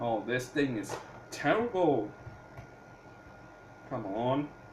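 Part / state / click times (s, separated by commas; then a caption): plastic accessory into toy blaster mount / not seated / none. Someone talks while struggling to push a plastic accessory, likely the laser attachment, onto the mount of a knock-off toy AK47 blaster, with only faint handling noise and a steady hum between the words. The clip ends before the part goes home; nothing has seated or clicked yet.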